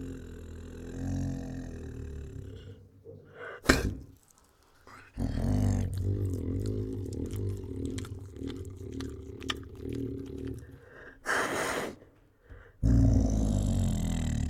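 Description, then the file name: Tiger giving deep, throaty growls broken by loud huffing breaths and snorts, with short bursts of harsh noise between growling spells. Tiger forcefully growling and licking. "Tiger Forcefully Growls and Licks [Sound Ideas]"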